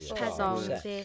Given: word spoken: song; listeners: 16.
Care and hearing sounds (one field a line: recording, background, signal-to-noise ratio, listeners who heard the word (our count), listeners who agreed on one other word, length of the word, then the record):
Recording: one English word in noise, from a listening test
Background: four-talker babble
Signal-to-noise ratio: -0.3 dB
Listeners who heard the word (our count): 1 of 16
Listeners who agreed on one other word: 9 of 16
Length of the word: 0.65 s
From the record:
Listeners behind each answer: 9, 2, 1, 1, 1, 1, 1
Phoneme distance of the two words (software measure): 34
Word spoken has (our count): 1 syllable, 3 phonemes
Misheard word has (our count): 2 syllables, 5 phonemes, stress on syllable 1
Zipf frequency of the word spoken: 5.10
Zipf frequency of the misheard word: 3.43